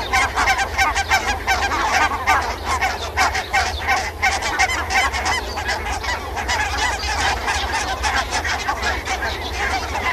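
Barnacle goose: barnacle geese calling as a flock, a dense chorus of short yapping, bark-like honks overlapping continuously, several birds at once with steady low rumble beneath.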